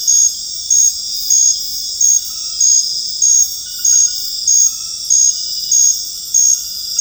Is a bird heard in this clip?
no